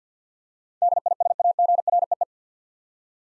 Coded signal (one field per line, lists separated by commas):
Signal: Morse code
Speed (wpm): 50 wpm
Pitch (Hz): 700 Hz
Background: none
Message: DISAGREE